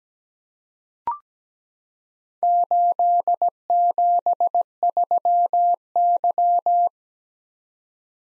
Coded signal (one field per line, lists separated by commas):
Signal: Morse code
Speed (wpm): 17 wpm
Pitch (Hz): 700 Hz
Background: none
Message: 873Y